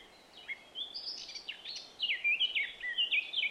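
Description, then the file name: Eurasian blackcap with a scratchy, rambling warble that builds into loud, clear flute-like notes in the second half. "Sylvia atricapilla"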